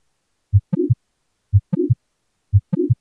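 Steady heart rhythm at about 60 beats a minute in an adult. Each beat has a first sound, then a sharp mid-systolic click, a brief late systolic murmur, and the second sound. This click-murmur pattern is typical of mitral valve leaflet prolapse.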